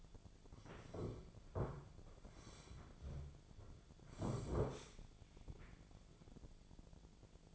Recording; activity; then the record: daily activity, microphone in the room; sit down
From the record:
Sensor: 5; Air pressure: 1008.2 hPa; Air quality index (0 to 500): 152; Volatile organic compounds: 3 ppm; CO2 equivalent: 1469 ppm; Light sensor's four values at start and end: 59/165/64/64 and 59/165/64/64